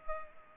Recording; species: mosquito wingbeat signal from an infrared sensor; Culex pipiens